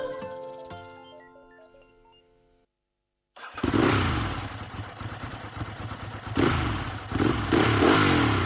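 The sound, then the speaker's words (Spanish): A short tonal jingle fades into a moment of silence, then a loud motorcycle engine roars to life, its rumbling growl surging in a couple of strong revs. “Seguidamente vamos con unos consejos para mejorar nuestra seguridad en caso de que vayamos en motocicleta.”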